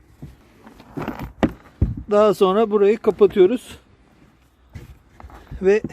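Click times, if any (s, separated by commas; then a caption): 1.4 s. A tail lamp bulb holder on a Mercedes B 200, refitted during a brake and signal lamp bulb change, is pushed into the rear lamp housing. A few light knocks lead to a sharp, loud snap at 1.4 s as it seats in place, and then someone talks.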